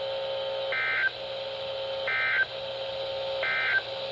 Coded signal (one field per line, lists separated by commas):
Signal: Emergency Alert System (SAME) tones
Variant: end-of-message bursts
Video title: SVR & SMW | EAS #958 - #959